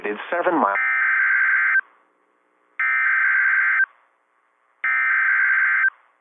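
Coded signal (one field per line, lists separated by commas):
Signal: Emergency Alert System (SAME) tones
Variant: header bursts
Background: speech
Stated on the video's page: EAS alerts from one severe weather day, including a PDS Tornado Warning in the Indianapolis coverage area.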